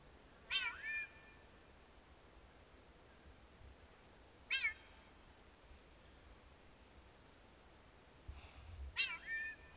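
Neumann's starling giving short, clear whistled calls that swoop down then up, three calls roughly four seconds apart, over a steady quiet hiss.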